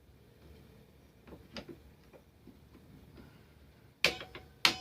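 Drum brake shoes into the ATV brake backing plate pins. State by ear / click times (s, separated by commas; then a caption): seated / 4.1 s, 4.7 s. Drum brake shoes are set on either side of the two pins on the front brake backing plate of a Bayou 220 ATV and flipped up until they lock. After a few faint ticks, two sharp, loud clicks ring out at 4.1 and 4.7 seconds as the shoes seat into place.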